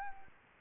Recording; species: mosquito wingbeat signal from an infrared sensor; Anopheles arabiensis